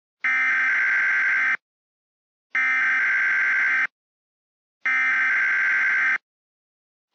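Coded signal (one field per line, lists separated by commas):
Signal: Emergency Alert System (SAME) tones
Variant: header bursts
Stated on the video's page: Fictional, hypothetical EAS scenario about tornadoes, not a real alert.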